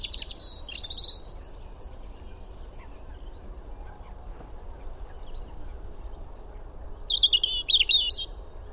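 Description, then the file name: European robin song: a high, twittering phrase at the start and another thin, trilled burst near the end, separated by quiet hiss with faint notes. "Erithacus rubecula"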